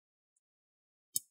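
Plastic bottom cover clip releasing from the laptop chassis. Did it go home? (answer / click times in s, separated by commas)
released / 1.2 s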